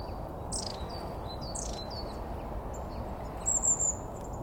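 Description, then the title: Bird chirps, with a couple of sharp notes near the start and a bright high whistle toward the end, over constant low hiss and rumble. Several birds; filmed with a Sony A7 IV camera and 70-300G lens. "Some Birds"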